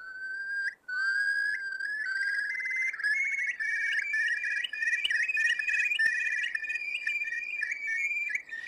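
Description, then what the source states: Eurasian curlew bubbling call: whistled notes rising in pitch, building into a continuous bubbling trill. Mournful, piercing, plaintive cry.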